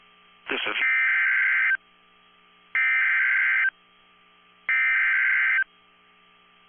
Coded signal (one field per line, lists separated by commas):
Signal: Emergency Alert System (SAME) tones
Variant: header bursts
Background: speech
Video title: NOAA Weather Radio - Severe Thunderstorm Warning [EAS #101] (3/19/22)